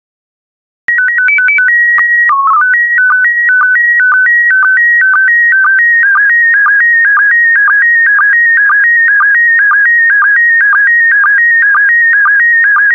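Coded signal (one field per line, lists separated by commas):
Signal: SSTV (slow-scan television)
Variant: PD 120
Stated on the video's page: SSTV PD120 images of barnyard animals, generated for daily decoding practice.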